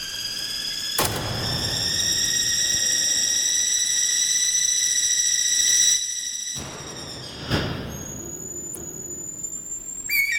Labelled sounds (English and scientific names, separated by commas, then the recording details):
Guira Cuckoo (Guira guira) call
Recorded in captivity
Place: Zoo Berlin, Berlin, DE
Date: 1996-01-21 12:58
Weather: sonnig, -8°C
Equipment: Sony MD-WM MZ-R3, Hama Mikro
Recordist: Tembrock, Günter